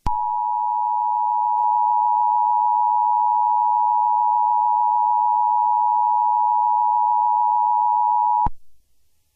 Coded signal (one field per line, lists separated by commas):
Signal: Emergency Alert System (SAME) tones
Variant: 853 and 960 Hz attention tone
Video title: EAS Scenario #98: No Way Out